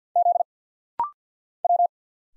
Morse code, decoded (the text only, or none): Z W